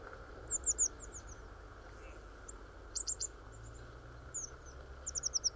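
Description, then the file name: Eurasian blue tit giving repeated short bursts of high, thin, falling notes, separated by pauses, with a faint low background hum. "Cyanistes caeruleus"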